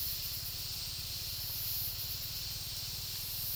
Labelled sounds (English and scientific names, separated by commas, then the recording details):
none
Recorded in dense forest near Puerto Asís, Putumayo, Colombia, on 19 March 2025 at 13:00
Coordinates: 0.503, -76.323
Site GP09